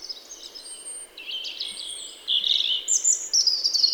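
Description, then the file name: European robin delivering high, wavering notes that rise into brighter, louder twittering phrases at the end, with soft hiss behind. "Erithacus rubecula"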